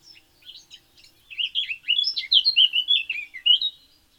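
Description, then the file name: Eurasian blackcap song, soft scratchy notes that build into a fast, rich warble before fading out. "Sylvia atricapilla"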